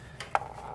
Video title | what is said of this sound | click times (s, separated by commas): 2007 - 2011 Toyota Camry 2.4L Valve Cover Gasket Replacement DIY | which we'll first insert as far as possible you hear a little clicking actually | 0.4 s